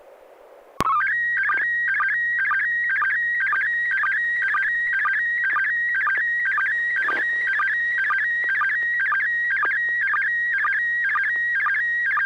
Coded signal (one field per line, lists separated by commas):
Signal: SSTV (slow-scan television)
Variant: PD 120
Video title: N6NA SSTV Net - 04/14/2021